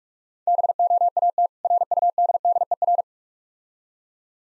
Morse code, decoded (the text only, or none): BOAT RUDDER